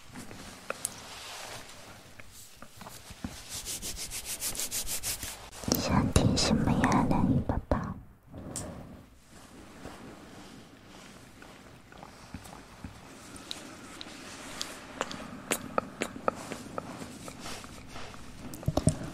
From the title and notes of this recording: ASMR Gentle Mouth Sounds.